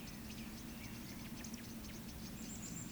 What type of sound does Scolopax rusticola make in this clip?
whistle